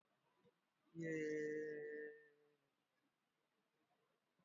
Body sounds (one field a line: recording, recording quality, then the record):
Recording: sustained vowel as in made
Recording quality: moderate, slight background noise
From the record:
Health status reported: exposed to COVID-19, no respiratory illness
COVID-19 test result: negative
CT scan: not taken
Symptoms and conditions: cough, sore throat, fever, muscle pain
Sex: male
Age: 26 years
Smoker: no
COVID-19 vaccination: none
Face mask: worn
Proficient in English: yes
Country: India